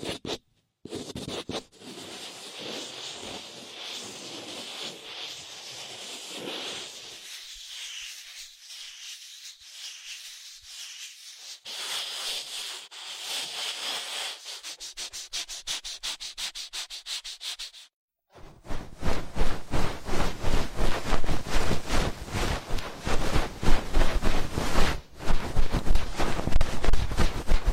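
Ear cleaning massage sounds: soft rubbing and scratching strokes, airy and bright, with short pauses between passes. After a brief silence at about 18 seconds, the rubbing turns louder and faster, a dense, rapid scratching that continues to the end.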